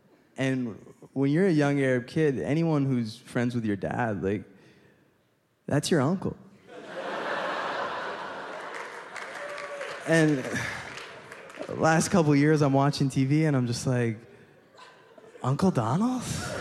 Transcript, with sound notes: And when you're a young Arab kid, anyone who's friends with your dad, like, that's your uncle.
(LAUGHTER)
And the last couple of years, I'm watching TV, and I'm just like, Uncle Donald?